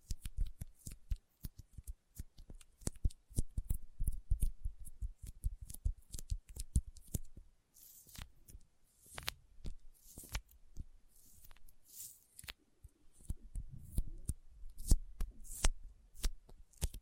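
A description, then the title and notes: Sticky finger sounds: rapid tacky clicks and smacks, dense early, then sparser bright peeling snaps with low thuds after about eight seconds. ASMR Intense Sticky Finger Sounds (No Talking).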